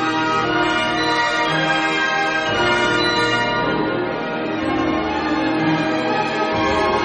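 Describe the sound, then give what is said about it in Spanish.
Full orchestral music with bright, high chimes ringing over sustained strings and six rippling harps, steady and loud throughout with no voices. “Ahora se suman las campanillas en lo alto.”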